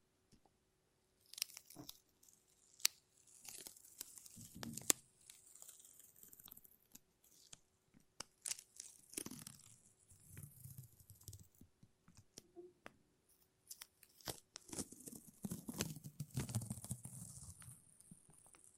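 Sticky tape and a lint roller make dense, crackly peeling and crinkling sounds, with sharp bright snaps scattered throughout. Quiet gaps open now and then, and louder bursts of ripping and rubbing come around five, nine and fifteen to eighteen seconds, over a faint low hum.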